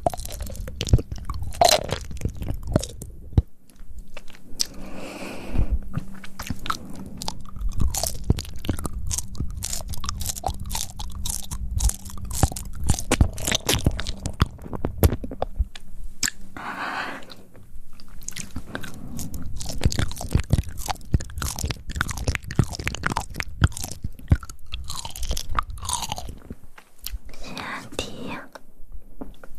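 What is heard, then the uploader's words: Close mouth sounds fill the half minute: dense, irregular chewing with crunchy clicks and wet smacks packed tightly together. A faint low hum runs steadily from about 3 to 18 seconds, and the activity thins briefly near 27 seconds before resuming. ASMR Close Mouth Sounds.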